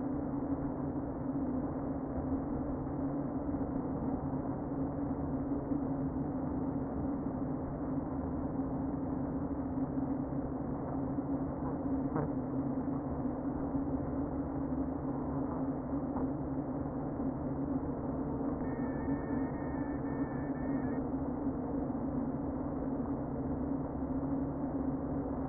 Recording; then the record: honeybee colony, microphone inside the hive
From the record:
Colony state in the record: queen present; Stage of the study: before two queens were removed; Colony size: about 60,000 bees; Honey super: yes